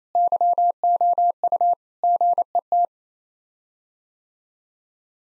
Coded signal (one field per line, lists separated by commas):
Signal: Morse code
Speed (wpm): 28 wpm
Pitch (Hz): 700 Hz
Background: none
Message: YOU GET